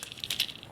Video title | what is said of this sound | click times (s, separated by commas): MakeToys Cross Dimension Striker Manus - Optimus Prime - Review | You'll hear it's a nice click. | 0.3 s, 0.4 s